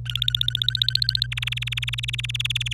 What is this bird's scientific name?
Serinus canaria